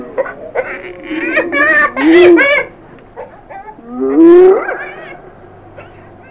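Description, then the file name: Hyena calling, with broken cackling notes followed by two loud whoops about two seconds apart. "hyene"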